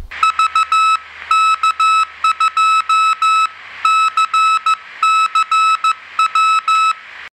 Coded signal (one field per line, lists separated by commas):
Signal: Morse code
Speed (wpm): 14 wpm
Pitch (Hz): 1300 Hz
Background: none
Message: VK2CCW